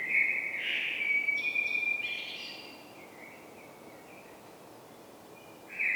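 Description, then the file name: Common blackbird: a loud whistled call with a brief higher flourish, a fading tail and quiet stretch, then another short whistle at the end. "Turdus merula"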